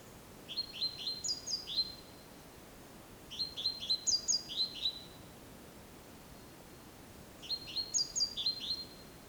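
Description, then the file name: Great tit producing three bursts of sharp chirping notes, each series about one and a half seconds, separated by quiet pauses with soft hiss. "Parus major"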